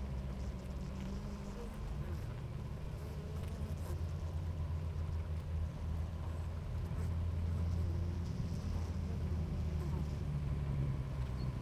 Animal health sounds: honeybee colony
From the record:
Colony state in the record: active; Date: 28 July 2017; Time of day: 9:51

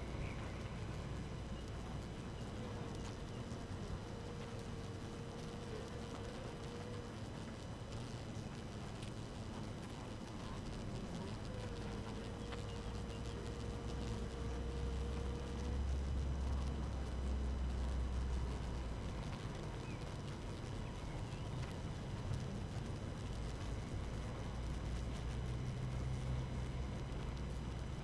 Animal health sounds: honeybee colony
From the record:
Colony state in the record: active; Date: 12 June 2018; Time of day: 5:47

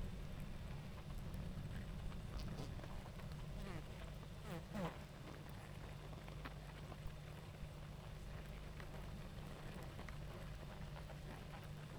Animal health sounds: honeybee colony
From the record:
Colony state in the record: active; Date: 28 July 2017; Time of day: 19:26

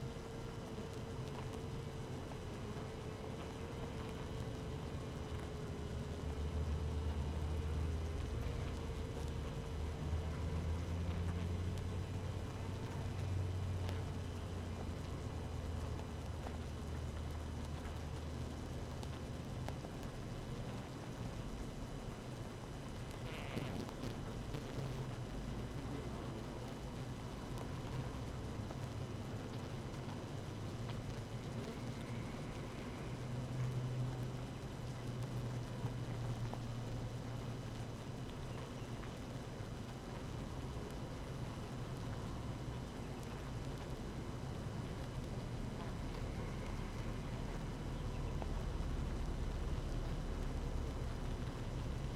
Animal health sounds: honeybee colony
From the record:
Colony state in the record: active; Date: 12 June 2018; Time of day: 7:04

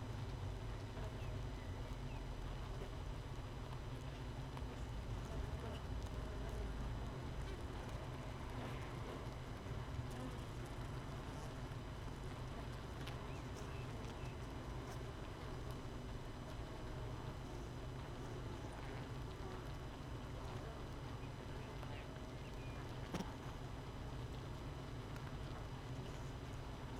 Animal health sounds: honeybee colony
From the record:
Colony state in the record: missing queen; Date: 31 May 2018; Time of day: 5:22

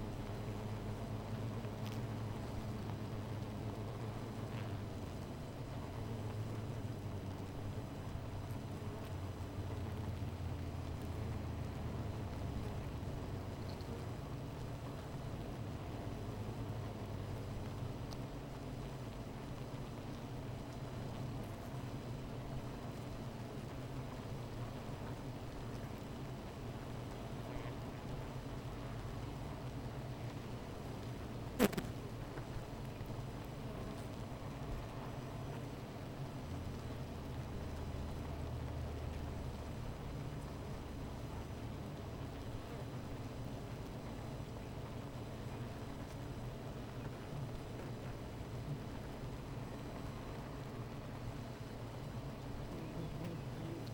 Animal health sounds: honeybee colony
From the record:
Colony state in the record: missing queen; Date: 14 July 2017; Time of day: 16:21

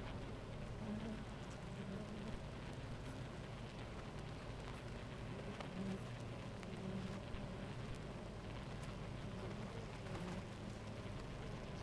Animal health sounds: honeybee colony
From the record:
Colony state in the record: active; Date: 28 July 2017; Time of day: 10:29

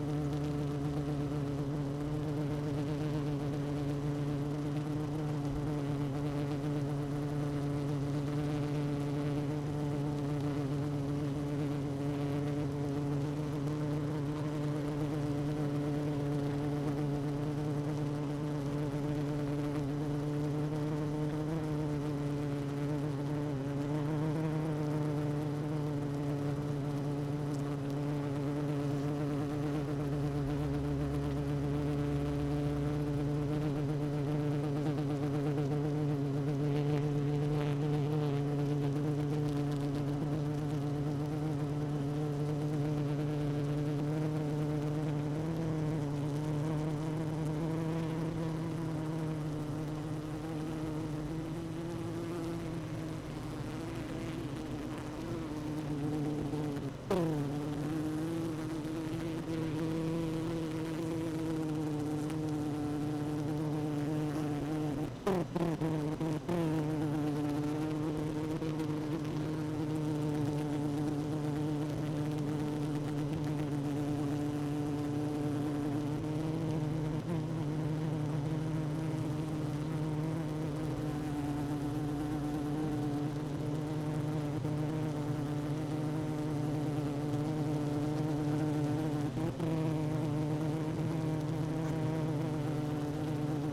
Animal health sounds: honeybee colony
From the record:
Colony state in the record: active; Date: 12 June 2018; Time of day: 16:27

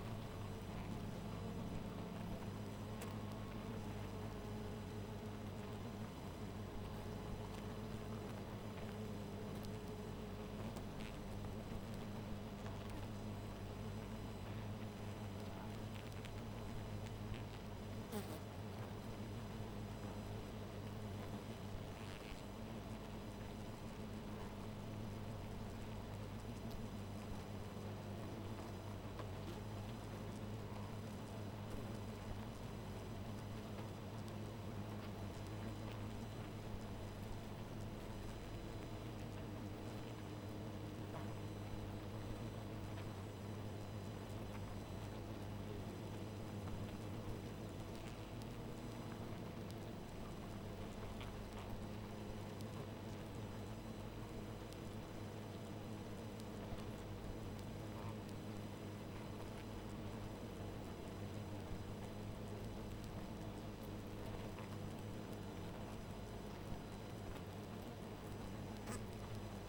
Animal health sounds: honeybee colony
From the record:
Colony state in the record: missing queen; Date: 14 July 2017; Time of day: 1:50

